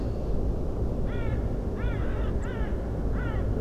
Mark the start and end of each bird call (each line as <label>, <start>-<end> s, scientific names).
Corvus corone, 1.06-1.36 s
Corvus corone, 1.76-2.70 s
Turdus philomelos, 2.42-2.46 s
Corvus corone, 3.14-3.41 s